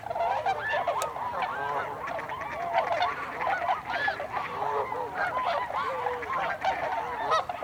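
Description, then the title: Tundra swans calling together, a thick chorus of hooting, arching yelps from many birds, continuous throughout. Recorded 26 December 2020. "2020 12 26 Tundra Swans"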